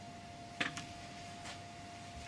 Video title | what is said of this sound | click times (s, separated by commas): How to assemble/ build a computr | Place it in the slot, push down and grab both the tabs until it clicks home. | 0.6 s